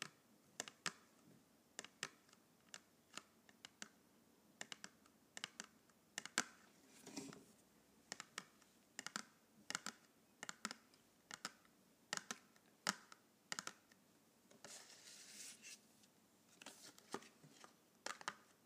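Colored pencils click and tap in a steady, uneven rhythm of sharp, bright knocks, about one or two each second. Between the taps come soft scratchy rustles, with a longer stretch of scraping around fifteen seconds, over a quiet low hiss.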